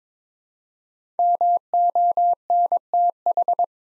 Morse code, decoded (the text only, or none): MONTH